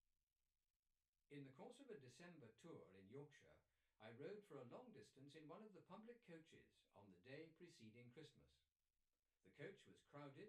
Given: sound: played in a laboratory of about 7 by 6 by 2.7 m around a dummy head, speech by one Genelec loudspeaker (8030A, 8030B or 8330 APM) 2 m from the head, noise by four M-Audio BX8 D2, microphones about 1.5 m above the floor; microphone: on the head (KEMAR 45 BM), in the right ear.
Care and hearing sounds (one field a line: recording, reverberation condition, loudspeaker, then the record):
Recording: male speech in English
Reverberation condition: low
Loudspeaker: 60 degrees to the left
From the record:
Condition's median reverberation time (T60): about 310 ms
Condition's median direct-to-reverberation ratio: about 3.5 dB